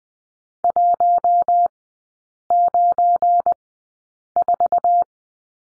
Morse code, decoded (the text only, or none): 194